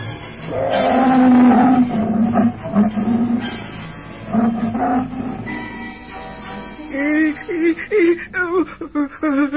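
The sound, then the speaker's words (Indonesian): A tiger roars in a long, loud, rumbling growl that swells and fades, followed by shorter wavering, quavering snarls as the sound trails off. “Tuan Harimau.”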